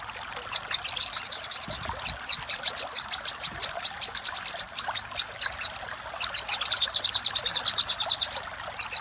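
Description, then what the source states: Little spiderhunter song: long series of high, clipped notes, a brief break, then another fast, dense run. Master recording for training cage birds; local name sogok ontong, labaik type.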